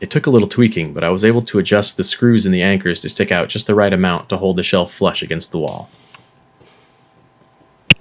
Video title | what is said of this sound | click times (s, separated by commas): Floating Shelves | all the screws were adjusted properly the Shelf slipped on to them and locked into place in a very satisfying manner | 7.9 s